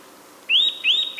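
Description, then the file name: Eurasian nuthatch calls: two clear, upslurred whistled notes in quick succession, each rising then holding briefly, and the start of a third at the end. "Sitta europaea"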